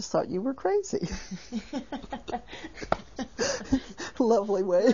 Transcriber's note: they laugh